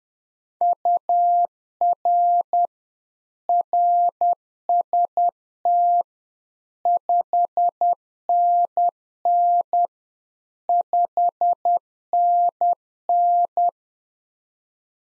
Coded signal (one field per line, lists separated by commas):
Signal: Morse code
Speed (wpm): 10 wpm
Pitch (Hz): 700 Hz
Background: none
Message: UR RST 5NN 5NN